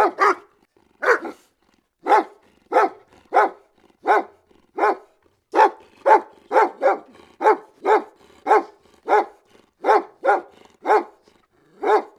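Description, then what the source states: Dog barking steadily, many clear barks fairly evenly spaced, sometimes in quick pairs. Large dog barking with light snarling.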